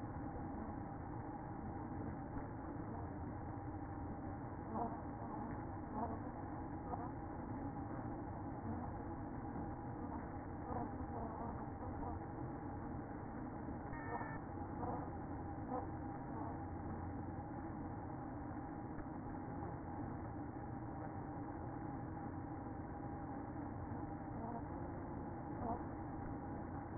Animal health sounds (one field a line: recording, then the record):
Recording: honeybee colony, microphone inside the hive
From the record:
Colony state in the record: queen present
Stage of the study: after two queens were removed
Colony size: about 60,000 bees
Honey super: yes